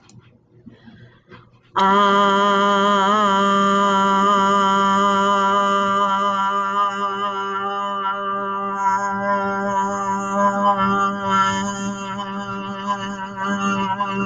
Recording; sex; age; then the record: vowel held as long as possible; female; 40 to 49 years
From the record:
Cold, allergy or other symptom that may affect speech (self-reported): no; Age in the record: 48 years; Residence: Missouri, United States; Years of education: 12